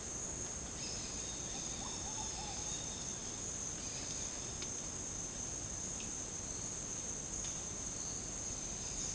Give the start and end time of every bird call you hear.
0.73s-3.13s: bird call

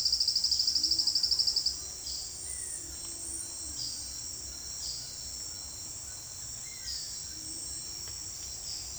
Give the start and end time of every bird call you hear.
2.00s-2.98s: bird call
3.64s-5.51s: bird call
6.71s-7.37s: bird call

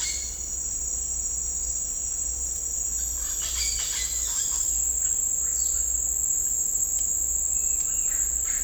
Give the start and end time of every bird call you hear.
2.99s-4.55s: bird call
5.02s-5.14s: bird call
5.42s-5.82s: bird call
7.52s-8.33s: bird call

